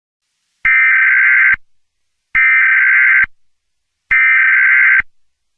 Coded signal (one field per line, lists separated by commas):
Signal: Emergency Alert System (SAME) tones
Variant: header bursts